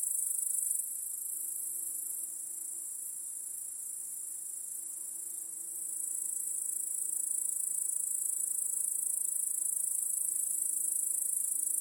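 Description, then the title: High-pitched cricket chorus, a seamless shrill drone that grows louder in the second half. Chorus of crickets in a home backyard at night. "Crickets in Your Backyard 🏡. Discovering the Sounds of Home"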